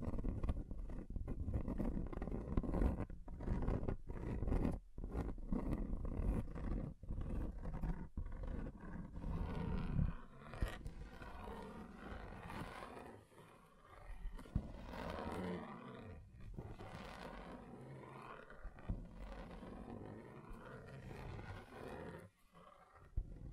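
A table is scratched and scraped in rough, grinding strokes, dense and rumbling, with brief gaps early and a fainter, smoother stretch after ten seconds.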